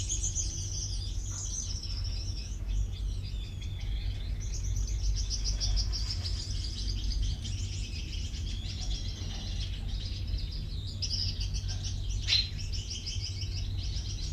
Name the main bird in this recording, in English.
Common Chaffinch